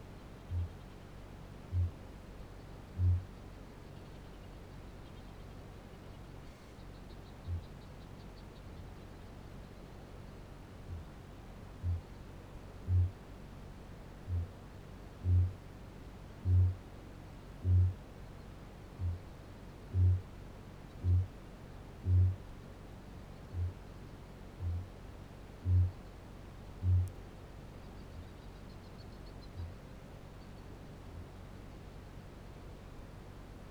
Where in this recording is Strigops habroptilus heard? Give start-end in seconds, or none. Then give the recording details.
0.14-3.31, 7.29-7.67, 10.71-12.12, 12.81-27.27, 29.37-29.93. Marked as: faintness 3/5, faintness 2/5, faintness 5/5. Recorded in New Zealand. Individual Barnard